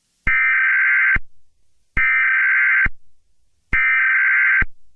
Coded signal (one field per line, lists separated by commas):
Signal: Emergency Alert System (SAME) tones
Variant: header bursts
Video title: Eas scenario 1 the tds zombie invasion (read description)